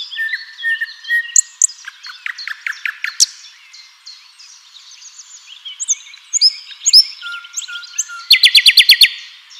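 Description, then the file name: Common nightingale singing varied phrases of whistles and chips, ending with a loud, fast series of repeated metallic notes. "Luscinia megarhynchos"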